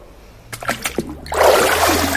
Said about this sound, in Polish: No i tak jak wspominałam, jest to mokra robota, co zresztą widać, słychać, kropelki lecą. Ta woda musi sobie po prostu odciec, odcedzić się tak jakby na sicie.